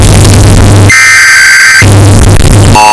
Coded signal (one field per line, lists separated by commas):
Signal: Emergency Alert System (SAME) tones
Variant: header bursts